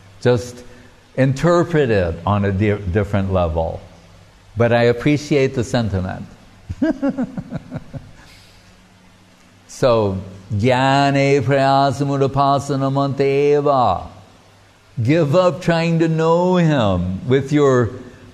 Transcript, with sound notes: Just interpret it on a different level.” “But, I appreciate the sentiment.” [laughing] So, jñāne prayāsam udapāsya namanta eva, give up trying to know Him with your...